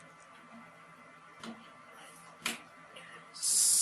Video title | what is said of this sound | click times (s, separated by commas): PC doesn't post, start. How to fix. | thing just till it clicks well | 2.5 s